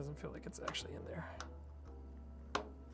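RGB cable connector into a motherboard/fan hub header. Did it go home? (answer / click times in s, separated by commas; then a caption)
yes / 2.6 s. A small plastic RGB cable connector is pushed onto a motherboard or fan hub header after an earlier push that didn't feel right. Someone talks, then a single sharp click is heard at 2.5 seconds as the connector snaps into place and is seated.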